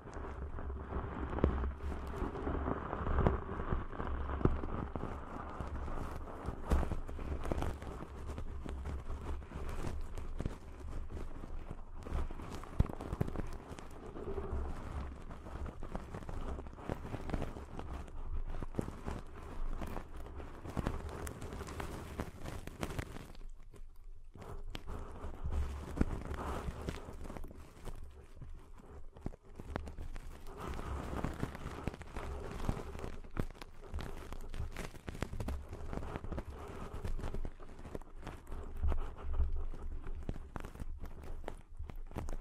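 Deep ear cleaning sounds, a dense run of soft scratching, rubbing and crackling that keeps going for the whole stretch with little pause. A low steady rumble sits underneath, and the activity dips briefly once around the middle before picking back up.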